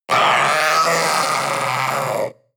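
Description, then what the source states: Panther roar: one drawn-out, rasping, harmonic groan lasting about two seconds, steady in pitch and then cut off abruptly, with no other sounds. Young panther roaring.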